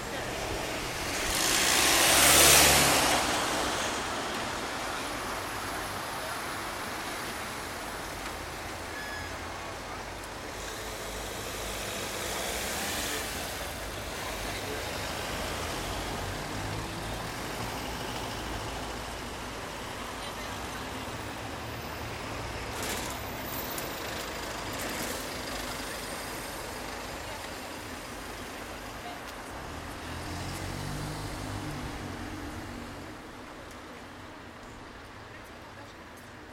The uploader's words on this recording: Soundwalk in Margate. Recorded with handheld Sony PCM-A10.